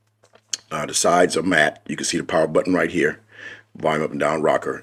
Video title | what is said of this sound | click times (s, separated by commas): TORRAS MarsClimber vs Regular Cases - The Difference is Shocking | it snaps in place pretty good | 0.5 s